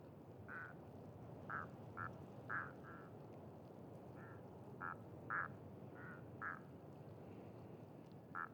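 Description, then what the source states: Duck quacks: many short nasal quacks scattered irregularly throughout, over constant low background noise. Ducks with unusual calls at a pond beside a site staging scarecrows in gory scenes; recorded with Sonosax SXM2D2, iPhone, MS mkh30/40 microphones in Cinela PIA2.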